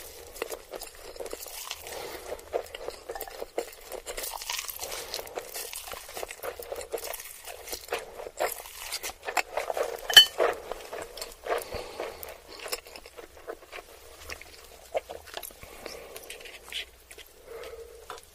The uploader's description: Eating ramen noodles and chicken nuggets